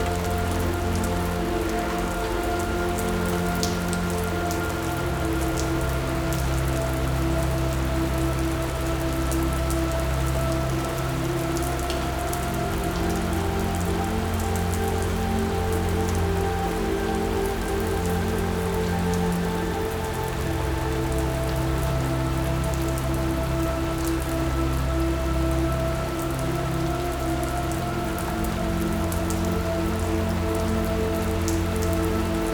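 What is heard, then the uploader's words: Rain falls steadily through the night, a dense, even patter with scattered brighter drips. Beneath it runs a low, sustained hum with several steady tones, like machinery, its deepest part swelling and easing in slow stretches across the recording. Sounds of the Rainy Night.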